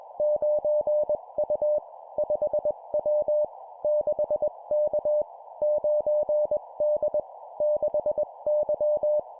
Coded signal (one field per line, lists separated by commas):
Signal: Morse code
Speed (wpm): 21 wpm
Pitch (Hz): 600 Hz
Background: none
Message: 9U 5W 6K 9D 6Y